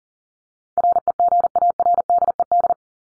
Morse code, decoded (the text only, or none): REGARDED